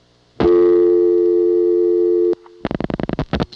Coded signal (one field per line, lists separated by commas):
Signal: telephone call progress tone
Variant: North America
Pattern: dial tone